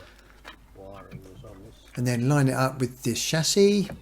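A Citroen Berlingo rear light cluster housing is held and lined up with the vehicle chassis, its plastic fasteners ready to push into the chassis holes. Faint handling taps are heard near 0.2 s and 0.5 s while someone talks. Nothing has seated or clicked yet.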